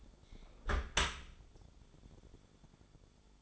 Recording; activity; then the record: daily activity, microphone in the room; close dishwasher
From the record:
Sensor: 5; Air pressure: 1015.0 hPa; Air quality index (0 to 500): 163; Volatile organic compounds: 5 ppm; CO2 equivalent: 1764 ppm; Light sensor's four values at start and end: 38/91/37/40 and 38/90/37/40